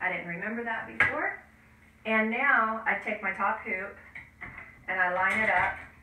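Someone talks while lining up the top frame of a magnetic embroidery hoop on its bottom frame, which holds a beanie, with a couple of faint handling taps around 4.4 to 4.6 seconds. The frame has not snapped into place yet; nothing has seated by the end of the clip.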